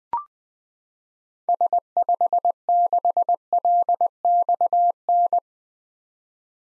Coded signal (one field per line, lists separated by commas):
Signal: Morse code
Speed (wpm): 20 wpm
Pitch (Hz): 700 Hz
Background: none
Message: S56LXN